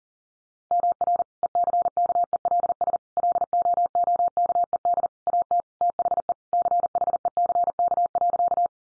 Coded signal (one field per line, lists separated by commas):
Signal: Morse code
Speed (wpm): 40 wpm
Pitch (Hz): 700 Hz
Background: none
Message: MR ECKELS LOOKED AT THE CHECK.